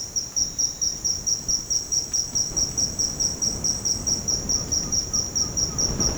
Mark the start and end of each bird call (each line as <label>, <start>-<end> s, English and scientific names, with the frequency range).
Cinereous Tinamou (Crypturellus cinereus) (1.2-2.3 kHz), 0.60-1.31 s
Green-backed Trogon (Trogon viridis) (0.6-2.0 kHz), 4.24-6.17 s